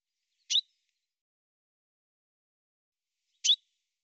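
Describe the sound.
Bird call: two short high chirps about three seconds apart, with silence between.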